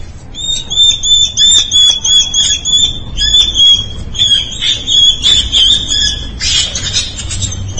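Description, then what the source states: Mouse squeaking: rapid, continuous run of high shrill squeals, several each second, rough and uneven throughout. A dying mouse screaming.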